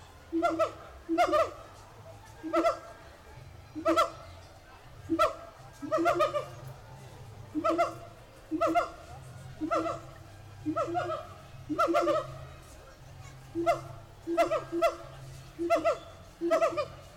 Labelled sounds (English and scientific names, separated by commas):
Siamang (Symphalangus syndactylus) call